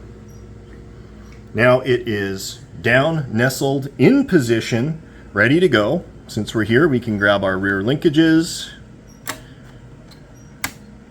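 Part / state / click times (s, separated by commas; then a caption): rear control linkages onto the submarine's watertight cylinder / seated / 9.3 s, 10.6 s. Someone talks while the rear control linkages of a 1/48 RC Oberon submarine are attached to its watertight cylinder. Two sharp click-like hits follow at 9.3 s and 10.6 s, the second much louder, as the linkages snap and lock into place.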